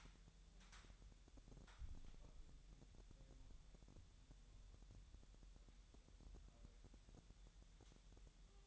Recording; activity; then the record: daily activity, microphone in the room; wipe stove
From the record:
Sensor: 3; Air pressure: 1001.0 hPa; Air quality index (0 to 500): 248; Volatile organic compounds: 176 ppm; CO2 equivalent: 4129 ppm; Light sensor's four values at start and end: 12/28/12/11 and 12/28/12/11